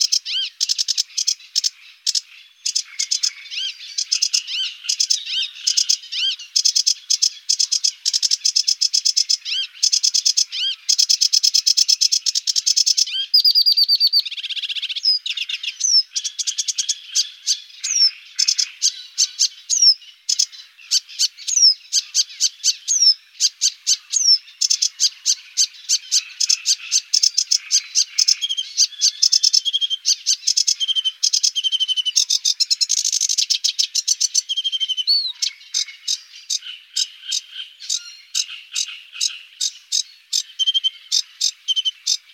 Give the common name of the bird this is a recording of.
Sedge Warbler